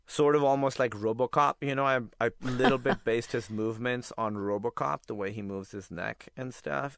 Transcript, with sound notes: sort of almost like RoboCop, you know? (Laughter) I, a little bit, based his movements on RoboCop, the way he moves his neck and stuff.